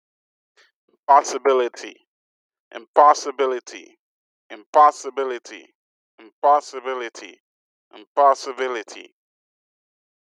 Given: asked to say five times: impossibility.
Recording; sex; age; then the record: repeated word; male; 30 to 39 years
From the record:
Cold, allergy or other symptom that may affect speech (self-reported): no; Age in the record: 35 years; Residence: Connecticut, United States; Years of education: 16